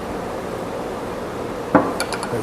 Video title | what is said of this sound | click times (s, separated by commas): 118 Making a decorative storage box for Essential Oil | and snaps back in place okay | 1.8 s